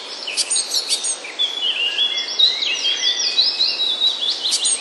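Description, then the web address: Eurasian blue tit song: a few sharp high chips, then a long, fast trill of bright slurred notes, with more chips at the close; background hiss. "wroblowe teka spiew. modraszkoteka"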